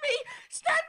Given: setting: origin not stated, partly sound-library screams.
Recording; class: one-second piece from a danger detection set; woman in danger